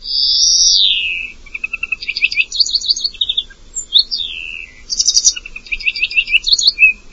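Bird singing a varied phrase: a long descending whistle, then quick buzzy trills and chirps, more sliding whistles and rapid twittering notes.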